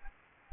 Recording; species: mosquito wingbeat signal from an infrared sensor; Anopheles gambiae